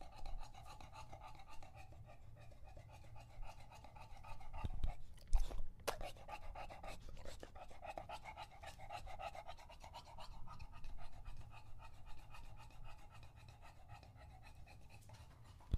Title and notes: English Bulldog Drinks from Water Bowl. listen to Lucho the English Bulldog as he tries to drink water after a long walk. Don't let his heavy breathing fool you in between drinks, he's equally out of breath from the walk